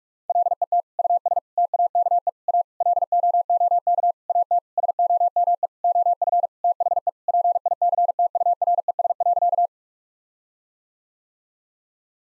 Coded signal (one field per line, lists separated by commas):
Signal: Morse code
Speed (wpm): 46 wpm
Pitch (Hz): 700 Hz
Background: none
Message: LET US TAKE A LOOK AT SOME OF THE PICTURES.